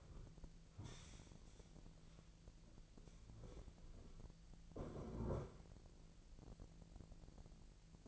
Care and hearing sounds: daily activity, microphone in the room; stand up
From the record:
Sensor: 5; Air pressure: 1002.0 hPa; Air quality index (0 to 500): 247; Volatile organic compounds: 30 ppm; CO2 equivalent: 2961 ppm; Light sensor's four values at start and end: 40/95/40/43 and 40/95/40/43

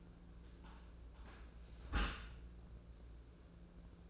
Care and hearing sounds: daily activity, microphone in the room; close dishwasher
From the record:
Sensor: 2

